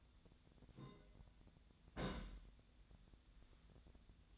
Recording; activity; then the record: daily activity, microphone in the room; place on stove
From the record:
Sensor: 3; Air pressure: 1009.9 hPa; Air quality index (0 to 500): 187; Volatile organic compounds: 14 ppm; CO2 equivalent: 2437 ppm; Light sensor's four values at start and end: 42/105/45/48 and 42/105/45/48